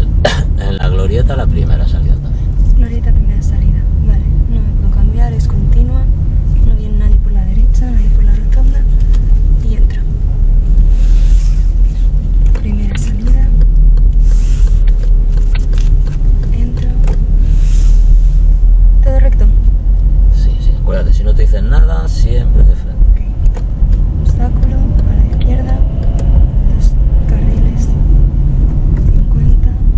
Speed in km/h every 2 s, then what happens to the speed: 23, 21, 21, 20, 17, 20, 20, 17, 19, 21, 23, 25, 30, 35, 33.
0-15 steady at about 20. 15-25 speeds up to 35.